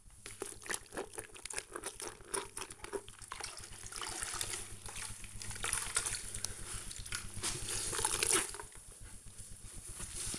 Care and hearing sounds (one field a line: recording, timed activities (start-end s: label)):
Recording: household activities, microphone on the right wrist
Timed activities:
0.00-10.39 s: floor cleaning